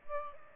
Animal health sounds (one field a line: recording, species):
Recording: mosquito wingbeat signal from an infrared sensor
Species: Aedes albopictus